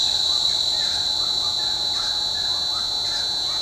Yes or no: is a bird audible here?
no